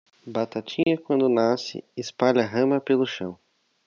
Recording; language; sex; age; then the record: short text; Brazilian Portuguese; male; 20 to 29 years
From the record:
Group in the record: control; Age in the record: 20 years